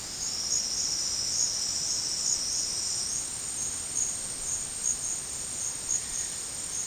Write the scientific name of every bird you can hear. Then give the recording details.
none. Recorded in dense forest near Puerto Asís, Putumayo, Colombia, on 18 February 2024 at 11:30. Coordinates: 0.472, -76.329. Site G6394